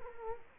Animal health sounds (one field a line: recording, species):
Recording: mosquito wingbeat signal from an infrared sensor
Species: Culex quinquefasciatus